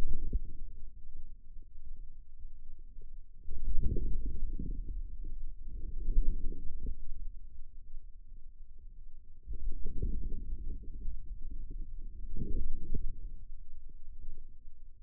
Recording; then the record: forearm muscle sounds (acoustic myography)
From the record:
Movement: inward rotation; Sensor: system 2, bracelet of six BSWA MPA416 microphones around the upper forearm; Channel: 2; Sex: male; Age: 22 years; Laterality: right